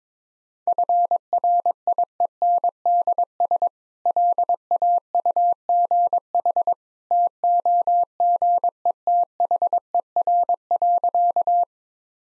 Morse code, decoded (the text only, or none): FRIENDS LAUGH TOGETHER.